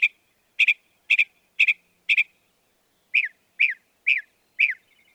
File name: Northern Mockingbird